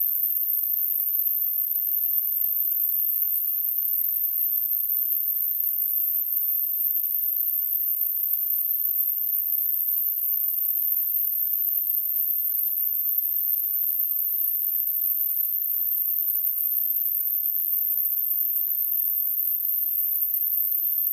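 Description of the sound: A steady, very high-pitched whistling tone holds unchanged for about 21 seconds over a faint hiss. It is a simulated example of tinnitus, a ringing or whistling that a person hears without any outside sound source.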